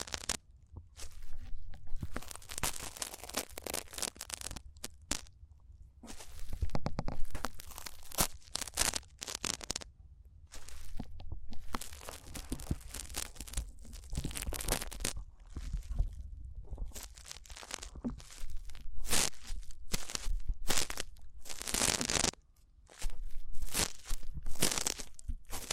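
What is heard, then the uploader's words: Rough ear cleaning: dense, scratchy rustling and crackling scrapes come in quick bursts, with short quiet pauses near 1, 4.5, 10 and 22 seconds. The strokes are irregular and bright, sounding like tearing and crumpling, over a low, soft rumble. ASMR Rough Ear Cleaning (No Talking).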